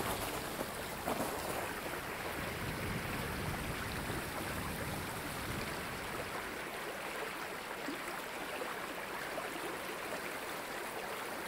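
A flowing creek rushes steadily throughout, a dense, unbroken hiss that reaches high into the treble. In the first six seconds, irregular crunching in the low end suggests boots in snow, with a sharper crunch near one second. Afterwards the low end thins out.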